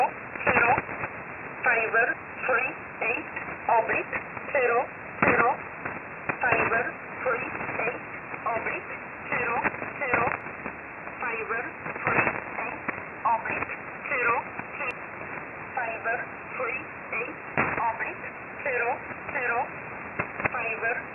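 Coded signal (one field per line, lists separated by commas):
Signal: numbers station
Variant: E11 Oblique, English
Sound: a voice reads short words at a steady, even pace through noisy single-sideband radio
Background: radio static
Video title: 14 06 2021 Number station E11 Oblique in English to Eu 0900 on 7449 unknown tx site in USB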